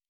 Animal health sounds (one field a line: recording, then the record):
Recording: hydrophone in a shrimp aquaculture tank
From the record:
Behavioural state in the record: normal